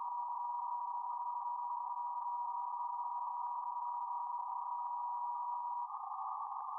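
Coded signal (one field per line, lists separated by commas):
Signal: PSK31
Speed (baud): 31.25 baud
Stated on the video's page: BPSK31 worked with a Yaesu FTDX10 transceiver via Ham Radio Deluxe.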